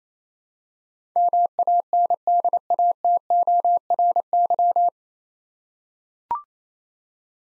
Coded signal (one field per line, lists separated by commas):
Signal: Morse code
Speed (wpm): 29 wpm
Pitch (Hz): 700 Hz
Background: none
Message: MANDATORY